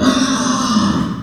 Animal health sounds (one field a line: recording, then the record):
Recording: squeal of a Yucatan mini pig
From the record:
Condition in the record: after surgery on the right vocal fold (resection and tissue-engineered implant)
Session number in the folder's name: 12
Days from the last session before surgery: 105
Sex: female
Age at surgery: 19 weeks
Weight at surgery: 25 kg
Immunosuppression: prednisolone